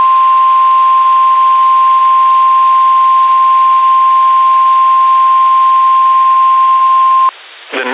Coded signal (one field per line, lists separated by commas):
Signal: Emergency Alert System (SAME) tones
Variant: 1050 Hz attention tone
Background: speech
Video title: Severe Weather EAS Alerts on WXJ42 Meriden, CT (5/22/22) (EAS #8-11)